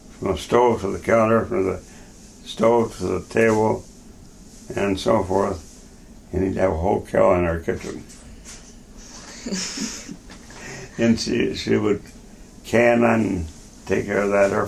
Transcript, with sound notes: From the stove to the counter, from the stove to the table and so forth, and he would have a whole cow in her kitchen. [laughter] And she would can and take care of that.